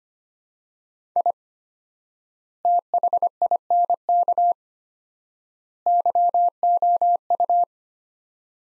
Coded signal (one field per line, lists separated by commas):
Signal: Morse code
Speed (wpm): 25 wpm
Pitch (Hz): 700 Hz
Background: none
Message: I THINK YOU